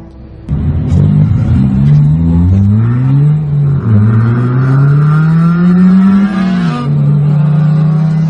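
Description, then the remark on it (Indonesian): A car engine at night pulls away and accelerates, its loud droning pitch climbing steadily, dropping briefly at two gear changes, then rising again, as the car is driven to pick someone up. No one speaks. “Malam itu Boy membawa mobil miliknya menjemput Rusdi ke kedai ayam bakar langganan mereka.”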